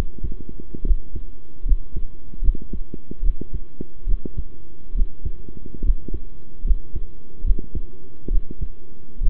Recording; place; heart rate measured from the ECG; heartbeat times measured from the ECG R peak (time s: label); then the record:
heart sounds by stethoscope; between the tricuspid and mitral areas; 72 bpm
0.84 s: heartbeat
1.65 s: heartbeat
2.41 s: heartbeat
3.22 s: heartbeat
4.06 s: heartbeat
4.94 s: heartbeat
5.82 s: heartbeat
6.64 s: heartbeat
7.43 s: heartbeat
8.30 s: heartbeat
9.20 s: heartbeat
From the record:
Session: rest, sitting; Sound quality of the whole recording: good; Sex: male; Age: 23 years